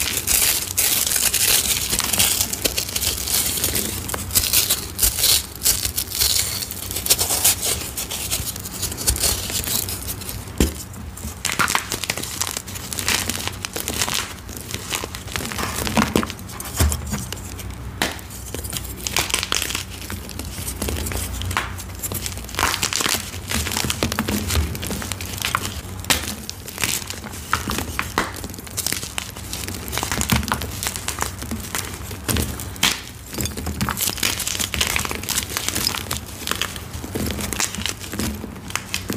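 Gym chalk blocks are crushed in a steady, dense run of crunching and crinkling, with no pauses across the whole stretch. Sharp, bright cracks and gritty grinding overlap constantly, with louder crunches popping out every second or so over a low rumble.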